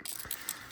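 Pushing up from underneath on the plastic head section of a Transformers Botcon 2012 The Bard of Darkmount transforming robot figure forces its clip open. A short series of sharp plastic clicks is heard, with the main clicks at 0.3 and 0.5 seconds. It is a stiff spot, but the head panel pops open and releases.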